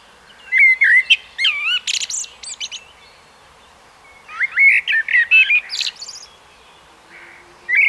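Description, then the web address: Common blackbird song with two long phrases of swooping flute-like whistles and high chittering squeaks. Another phrase starts right at the end. "SETE data Turdus merula"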